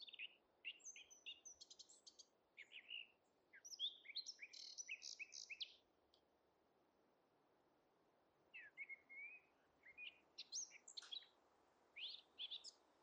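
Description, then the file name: Eurasian blackcap giving two bouts of rapid, chattering warbles mixing squeaky and scratchy notes, separated by a few seconds of quiet. "Sylvia atricapilla"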